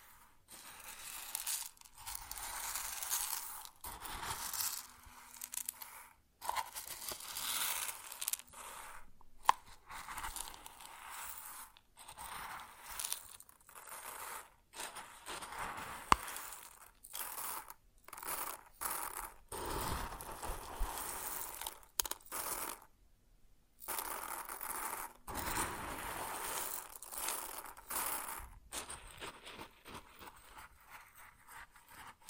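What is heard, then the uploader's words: Grain sounds: dry, hissy bursts of pouring or shifting grain, bright and rustling, broken by frequent short silences. Bursts last from a fraction of a second to several seconds, irregular in rhythm, with a faint low hum between pauses. ASMR Grain Sounds (No Talking).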